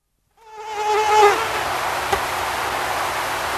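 Mosquito wing whine starting abruptly, a thin high steady drone with bright overtones that soon blurs into a hissy, even buzz lasting to the end.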